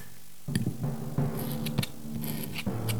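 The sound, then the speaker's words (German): Scratchy quill pen strokes across paper, a run of short rasping scrapes and light taps in an uneven rhythm over a low steady hum, with no voices. “Das muss ich sofort notieren. Wo ist die Feder? Wo ist Papier?”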